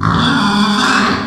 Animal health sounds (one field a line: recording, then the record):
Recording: squeal of a Yucatan mini pig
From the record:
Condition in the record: after surgery on the right vocal fold (resection and tissue-engineered implant)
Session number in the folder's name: 16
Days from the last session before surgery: 183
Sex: female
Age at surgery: 19 weeks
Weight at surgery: 25 kg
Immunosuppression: prednisolone